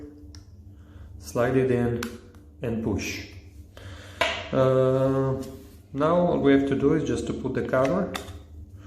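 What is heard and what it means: Someone talks while handling the plastic back cover of a Chrysler Pacifica/Voyager key fob, about to press it onto the housing after the coin-cell battery has been replaced. Faint handling ticks are heard at about 0.4 s and 3.8 s. Nothing has seated or clicked yet; the clip ends just before the cover snaps shut.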